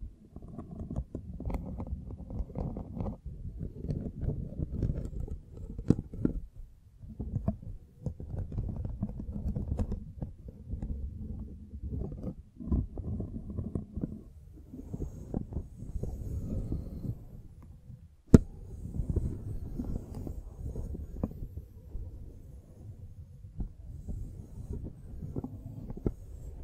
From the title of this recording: Mic Brushing and Scratching